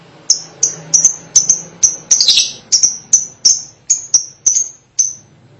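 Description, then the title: Lovebird calls: a steady series of sharp high chirps with one brief harsh chatter in the middle. "BM Suara Burung Lovebird"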